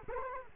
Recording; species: mosquito wingbeat signal from an infrared sensor; Culex quinquefasciatus